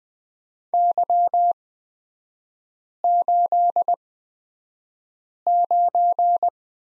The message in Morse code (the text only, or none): Y89